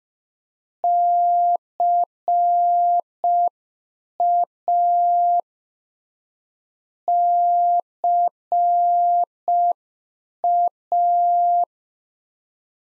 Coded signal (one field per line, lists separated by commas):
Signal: Morse code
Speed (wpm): 5 wpm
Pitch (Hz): 700 Hz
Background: none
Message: CA CA